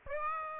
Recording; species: mosquito wingbeat signal from an infrared sensor; Aedes aegypti